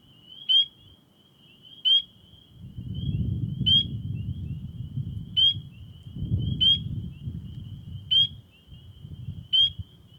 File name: Spring Peeper (Pseudacris crucifer)